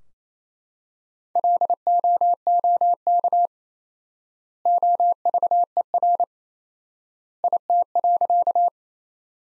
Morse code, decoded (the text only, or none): LOOK OVER IT.